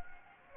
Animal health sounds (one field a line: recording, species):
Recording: mosquito wingbeat signal from an infrared sensor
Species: Anopheles gambiae